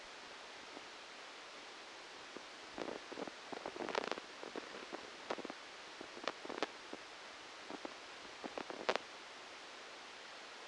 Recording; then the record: brain microelectrode recording played as sound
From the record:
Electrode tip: outside the subthalamic nucleus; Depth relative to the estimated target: -8 mm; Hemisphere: left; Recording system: NeuroSet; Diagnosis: Parkinson's disease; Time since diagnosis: 13 years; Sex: male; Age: 63 years